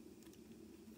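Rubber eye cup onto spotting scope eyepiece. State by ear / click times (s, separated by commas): not seated / none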